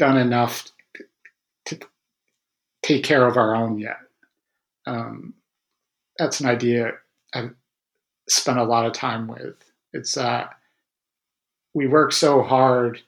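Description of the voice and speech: Adult male speech with stuttering, broken by long silent pauses mid-phrase and a stretched syllable, consistent with stuttering blocks. He has stuttered since youth into adulthood and has undergone avoidance-reduction therapy.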